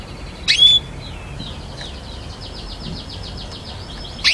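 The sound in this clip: Canary song: a loud sharp chirp, a few soft notes, then a faint, fast trill of evenly repeated notes, ending with another sharp chirp.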